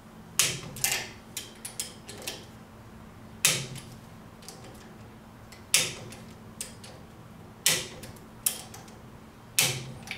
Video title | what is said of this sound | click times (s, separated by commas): WSI – K Series Seal Head Repair Instructional Video | torque wrin set you're going to go around again and cross pattern until you hear the snap | 0.4 s, 3.5 s, 5.7 s, 7.7 s